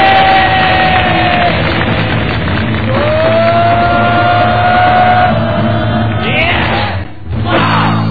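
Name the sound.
audience applause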